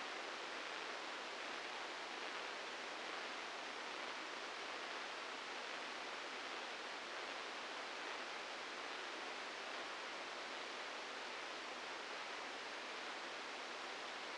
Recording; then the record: brain microelectrode recording played as sound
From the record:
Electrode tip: outside the subthalamic nucleus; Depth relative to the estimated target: 3 mm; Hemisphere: right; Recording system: NeuroSet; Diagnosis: Parkinson's disease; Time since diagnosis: 15 years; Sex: female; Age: 59 years